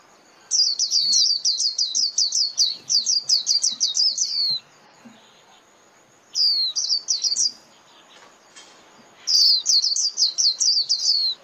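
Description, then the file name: White-eye calls in quick chattering bursts of high descending notes, several seconds long, separated by short pauses. White-eye lure call used for trapping birds (mồi). "Tieng khuyen moi"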